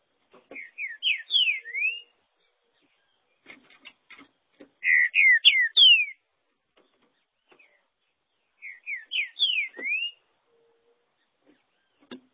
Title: Trinca Ferro